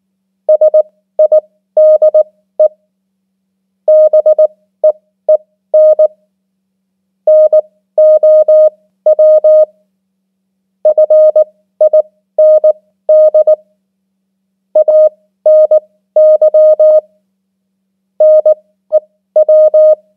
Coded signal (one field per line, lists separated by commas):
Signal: Morse code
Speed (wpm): 19 wpm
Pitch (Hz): 620 Hz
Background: none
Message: SIDE BEEN NOW FIND ANY NEW